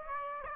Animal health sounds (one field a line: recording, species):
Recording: mosquito wingbeat signal from an infrared sensor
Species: Aedes aegypti